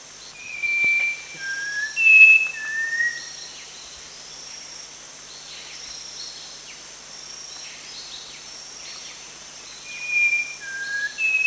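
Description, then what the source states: Sooty-capped babbler giving clear whistled notes in short bursts early and late, over a steady high hum. Danum, 1 January 2008.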